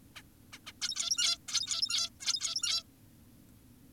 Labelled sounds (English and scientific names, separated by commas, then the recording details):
Zebra Finch (Taeniopygia guttata)
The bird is an adult
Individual g17y2U